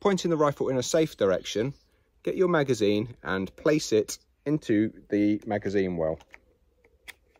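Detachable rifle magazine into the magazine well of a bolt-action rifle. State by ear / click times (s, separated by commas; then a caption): not seated / none. Someone talks while a detachable magazine is brought to the magazine well of a CZ457 Long Range Precision (LRP) bolt-action rifle pointed in a safe direction. Faint handling ticks follow at about 6.9 s and 7.4 s. The magazine has not yet seated or clicked home.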